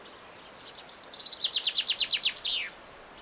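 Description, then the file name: Common chaffinch song: a loud, rapid series of notes that speeds up and drops in pitch, finishing with a buzzy flourish. "Fringilla coelebs"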